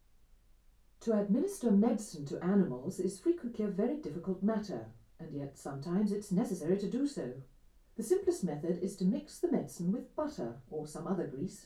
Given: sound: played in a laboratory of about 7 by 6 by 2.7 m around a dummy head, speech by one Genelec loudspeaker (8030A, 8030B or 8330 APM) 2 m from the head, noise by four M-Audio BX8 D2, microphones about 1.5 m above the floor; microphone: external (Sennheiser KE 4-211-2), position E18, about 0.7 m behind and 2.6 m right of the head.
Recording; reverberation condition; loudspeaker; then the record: female speech in English; low; 150 degrees to the right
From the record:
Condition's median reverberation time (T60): about 310 ms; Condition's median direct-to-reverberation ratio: about 3.5 dB